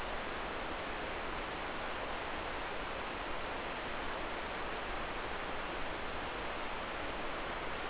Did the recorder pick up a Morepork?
no